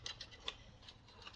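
A blade assembly is handled at the base of an older thermomixer mixing bowl before being pushed back in and locked. Light, sharp ticks and taps come at about 0.1, 0.2, 0.5, 0.9 and 1.3 seconds, the crispest at 0.5 s, over a low steady background. Nothing has seated or clicked into place yet.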